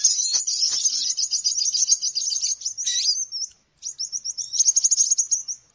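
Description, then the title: Birds chirping in a dense, high twittering chatter of rapid trilled notes, breaking off briefly midway before resuming with quick repeated chirps. Noisy bird lure sound; many birds are said to gather as soon as it starts. "Baru Diputar Dah Banyak Merapat! Suara Pikat Burung Ribut"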